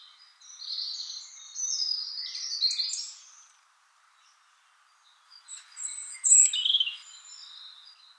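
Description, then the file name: European robin's sweet, high warble, a long pause, then a second phrase with a piercing high note and tumbling trills. "Erithacus rubecula"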